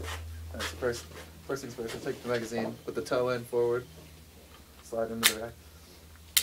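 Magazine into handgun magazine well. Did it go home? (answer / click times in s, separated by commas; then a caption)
yes / 6.4 s. A magazine is put into a handgun's magazine well toe first and slid forward into place while someone talks. A sharp, short click at 6.4 s confirms the magazine has seated.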